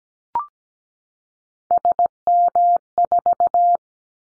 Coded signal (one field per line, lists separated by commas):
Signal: Morse code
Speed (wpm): 17 wpm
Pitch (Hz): 700 Hz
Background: none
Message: SM4